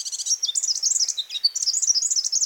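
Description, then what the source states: Forest double-collared sunbird song, a fast, high, jangling twitter of thin, sliding notes delivered without pause. Sky-island mountaintop species of eastern Africa; two populations separated onto different mountains at least 500,000 years ago still have nearly identical songs, probably very similar to their ancestors' song.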